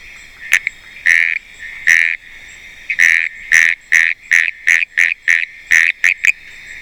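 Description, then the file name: Frilled tree frog calling in a quickening series of short buzzy notes, crowding together toward the end, over a steady background hum. "Kurixalus appendiculatus"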